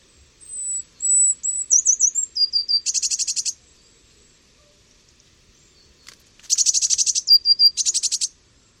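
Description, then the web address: Eurasian blue tit call series: a thin wavering high whistle leads into a buzzy churr, a pause, then two more churring rattles close together. "cianscape. Deverinetal"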